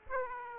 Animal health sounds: mosquito wingbeat signal from an infrared sensor; Aedes aegypti

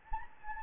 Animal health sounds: mosquito wingbeat signal from an infrared sensor; Anopheles gambiae

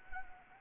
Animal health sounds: mosquito wingbeat signal from an infrared sensor; Anopheles gambiae

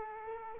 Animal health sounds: mosquito wingbeat signal from an infrared sensor; Culex quinquefasciatus

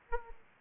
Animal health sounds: mosquito wingbeat signal from an infrared sensor; Aedes aegypti

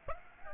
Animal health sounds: mosquito wingbeat signal from an infrared sensor; Aedes aegypti

